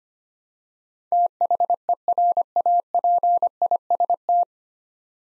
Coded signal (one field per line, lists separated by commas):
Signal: Morse code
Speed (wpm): 25 wpm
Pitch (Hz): 700 Hz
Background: none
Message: THERAPIST